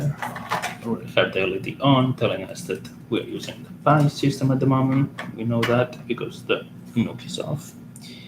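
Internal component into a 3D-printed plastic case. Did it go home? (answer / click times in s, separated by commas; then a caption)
yes / 8.0 s. During reassembly of the MSG, a 3D-printed computer enclosure, after a couple of small changes, an internal component is pressed into its 3D-printed plastic seat while someone talks. It clicks into place with a sharp, short hit at 8.0 s, and M2.5 screws are to be added to secure it.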